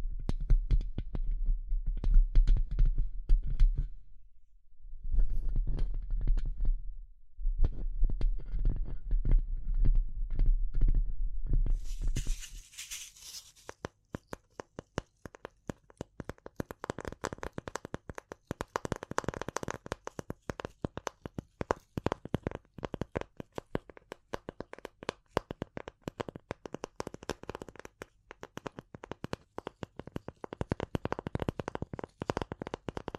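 Tapping and scratching sounds, dense and rough for the first twelve seconds with a heavy low rumble and a short pause near five seconds. A brief hiss follows, then quieter, rapid irregular taps and light scratches continue to the end.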